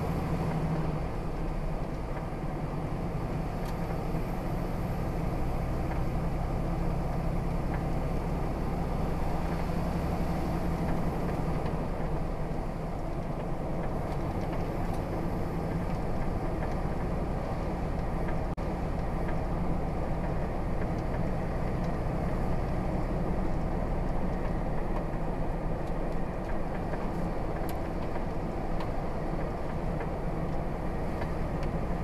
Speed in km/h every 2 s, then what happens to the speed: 39, 40, 42, 44, 47, 45, 48, 50, 50, 50, 52, 52, 48, 47, 48, 50.
0-14 speeds up to 50. 14-32 steady at about 50.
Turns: none.